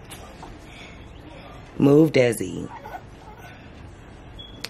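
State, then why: Seated. A Cosmos sublimation ink bottle with its special top is pushed onto the ink tank fill port of an Epson EcoTank 8550 inkjet tank printer being converted for sublimation use. Someone talks briefly in the middle over a quiet background. A sharp click at 4.7 s marks the top popping into the fill port and seating.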